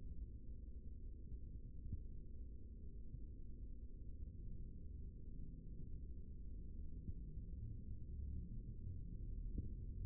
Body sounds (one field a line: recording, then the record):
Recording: forearm muscle sounds (acoustic myography)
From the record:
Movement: rest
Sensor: system 3, bracelet of six PUI Audio POM-2738L microphones around the upper forearm, with dedicated amplification and filtering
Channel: 3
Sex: male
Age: 55 years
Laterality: right